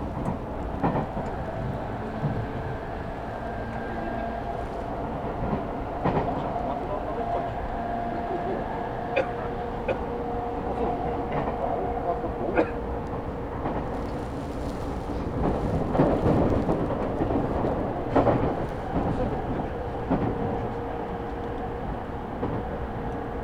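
A Tokyo Metro train runs from Iidabashi toward Nishi-Funabashi, its steady low rumble and hum carrying through the whole recording. Sharp clicks and rattles from the wheels and carriage come often, and the rumble grows louder and rougher around the middle before settling again.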